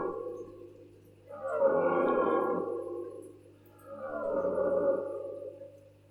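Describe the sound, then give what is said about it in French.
A red deer stag bellows twice during the rut, each deep, hoarse roar lasting over a second and swelling loud before fading, over a faint steady low hum. “Ces pluies de feuilles, de serpentes, le temps du brame, le cri d'amour du cerf.”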